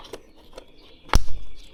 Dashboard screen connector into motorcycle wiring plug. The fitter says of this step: And there you hear a click.